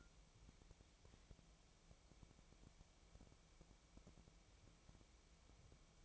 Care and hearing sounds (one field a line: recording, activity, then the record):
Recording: daily activity, microphone in the room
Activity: wipe stove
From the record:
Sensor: 1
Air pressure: 1001.6 hPa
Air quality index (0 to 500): 217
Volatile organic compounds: 27 ppm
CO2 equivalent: 2894 ppm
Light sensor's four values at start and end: 7/28/10/11 and 7/28/10/11